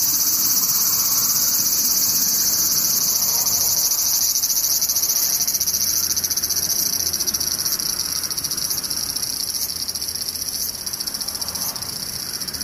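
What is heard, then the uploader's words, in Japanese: Cicadas buzz in a dense, unbroken high drone that holds steady for the whole stretch, with a sharp upper whine over a fuller shrill band. Faint regular ticks pulse roughly once a second in the later half, over a soft low rumble underneath. セミムシ。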